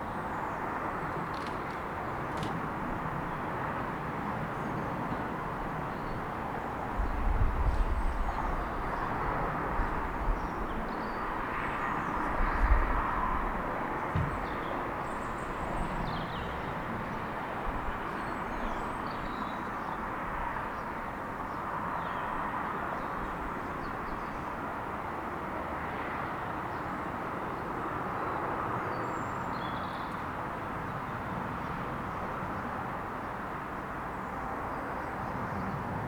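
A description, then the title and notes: A quiet suburb early on Christmas morning, with a steady soft hum of traffic filling the air. Around seven and again near thirteen seconds, low rumbling swells pass by, likely a vehicle. Faint, high bird chirps dot the background. Christmas day morning, part 2. Captured in a quite city suburb early on Christmas morning. People are beginning to venture out to visit friends and family.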